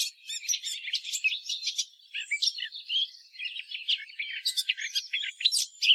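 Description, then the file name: Eurasian blackcap song, a rapid jumbled warble of scratchy chirps and short whistles, briefly dropping lower around two seconds before rising again. "Sylvia atricapilla"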